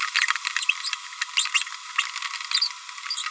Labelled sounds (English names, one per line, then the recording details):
Green-rumped Parrotlet babbling
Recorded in a nest box in Venezuela
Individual 18B25A4